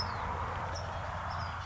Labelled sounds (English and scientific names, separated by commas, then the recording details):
California Towhee (Melozone crissalis)
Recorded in Sonoma County, California